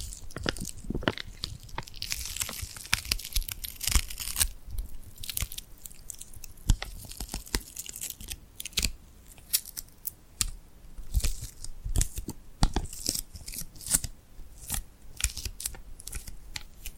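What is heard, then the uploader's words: Crisp sticky crackles and peeling taps from glued hands come in dense irregular bursts, bright and snappy. ASMR Tingly Glued Hand Sounds for Sleep (No Talking).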